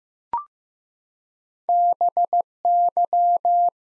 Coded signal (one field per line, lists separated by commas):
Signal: Morse code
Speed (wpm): 15 wpm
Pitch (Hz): 700 Hz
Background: none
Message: BY